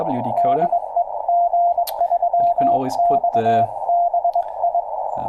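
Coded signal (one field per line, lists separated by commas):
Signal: Morse code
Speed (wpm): 22 wpm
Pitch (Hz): 690 Hz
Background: speech, radio noise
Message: DE G3XBI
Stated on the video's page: Live-streamed CW practice by an operator getting back into CW, prone to mixing up numbers.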